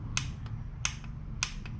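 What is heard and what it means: A click-type torque wrench, set to about 65 inch-pounds, is pulled on an engine bolt of a 1977 Datsun 620 and breaks over three times. Sharp clicks land at 0.2, 0.9 and 1.4 seconds, each followed by a fainter tick, over a low background hum. The wrench reaches its setting each time.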